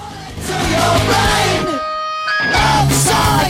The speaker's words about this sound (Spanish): Tener a niños correteando y dando gritos en un bar pone a más de uno en la piel de los segundos.